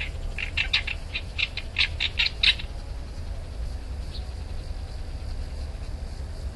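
Bull-headed shrike calling with a quick run of harsh, scratchy notes for about two seconds, then falling quiet against a constant low hum.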